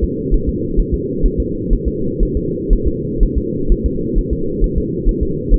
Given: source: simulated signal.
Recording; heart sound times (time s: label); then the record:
fetal heart sounds
0.04 s: S2
0.34 s: S1
0.49 s: S2
0.79 s: S1
0.94 s: S2
1.26 s: S1
1.40 s: S2
1.73 s: S1
1.88 s: S2
2.23 s: S1
2.37 s: S2
2.73 s: S1
2.87 s: S2
3.23 s: S1
3.38 s: S2
3.72 s: S1
3.86 s: S2
4.19 s: S1
4.33 s: S2
4.64 s: S1
4.78 s: S2
5.09 s: S1
5.23 s: S2
5.54 s: S1
From the record:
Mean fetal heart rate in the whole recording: 130 bpm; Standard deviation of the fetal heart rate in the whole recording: 4 bpm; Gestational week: 38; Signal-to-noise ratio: -6.6 dB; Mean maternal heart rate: 72 bpm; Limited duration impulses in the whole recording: present